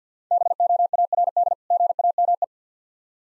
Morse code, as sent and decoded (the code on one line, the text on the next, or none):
-... --- .- .-. -.. / --. .- -- .
BOARD GAME